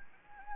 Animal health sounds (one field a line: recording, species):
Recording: mosquito wingbeat signal from an infrared sensor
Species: Anopheles gambiae